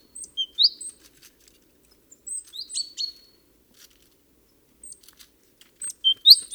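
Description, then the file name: Great tit calls: brief groups of high, clipped chirps and rising slurs, spaced irregularly throughout, with some soft clicks between. "Parus major"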